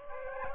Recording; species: mosquito wingbeat signal from an infrared sensor; Aedes aegypti